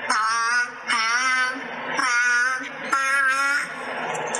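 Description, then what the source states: Grey seal copying a tune: wavering, harmonic-rich tonal notes in phrases under a second long, each sliding and trembling, separated by brief pauses. Seal copying a tune played to it.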